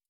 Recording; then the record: hydrophone in a shrimp aquaculture tank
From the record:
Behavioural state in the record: stressed